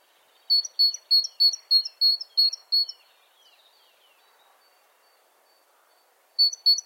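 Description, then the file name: Great tit repeating a ringing two-note phrase about eight times, a gap with faint high twitters, then two more phrases at the end. "Parus major"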